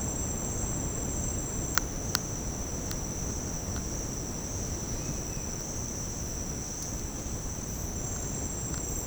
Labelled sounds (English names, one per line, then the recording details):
none
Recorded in secondary vegetation near Puerto Asís, Putumayo, Colombia, on 8 March 2025 at 09:30
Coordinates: 0.481, -76.318
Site G097